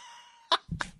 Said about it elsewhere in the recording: I hit the wrong button and then coughed.